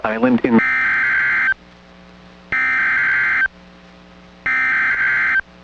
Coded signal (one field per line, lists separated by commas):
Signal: Emergency Alert System (SAME) tones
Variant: header bursts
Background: speech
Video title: Waterspout Special Marine Warning EAS on KWO35 (8/20/2026)